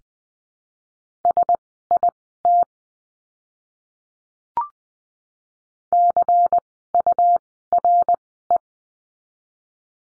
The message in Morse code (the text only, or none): SIT CURE